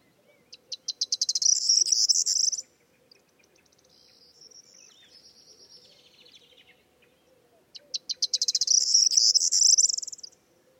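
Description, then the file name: Corn bunting song: two high jangling phrases, each opening with spaced ticks that speed up into a dense, glassy trill, with faint thin notes between and a steady low hum. "Zden k Vermouzek - Prosyanka Emberiza calandra"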